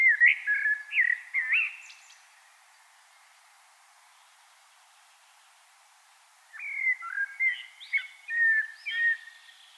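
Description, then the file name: Common blackbird song, a mellow warbling phrase at the start and another after a hushed gap of several seconds, both with high twittered ends over light hiss. "Turdus merula"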